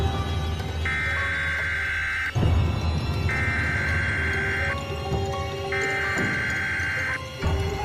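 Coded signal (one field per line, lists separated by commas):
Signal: Emergency Alert System (SAME) tones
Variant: header bursts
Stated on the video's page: Fictional EAS scenario requiring heavy editing.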